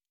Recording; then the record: hydrophone in a shrimp aquaculture tank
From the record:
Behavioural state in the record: normal